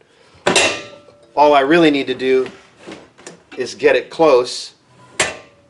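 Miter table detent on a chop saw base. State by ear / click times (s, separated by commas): seated / 5.2 s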